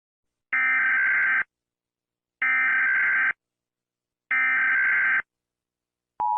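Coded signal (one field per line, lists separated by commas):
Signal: Emergency Alert System (SAME) tones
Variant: header bursts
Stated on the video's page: Fictional scenario made in collaboration.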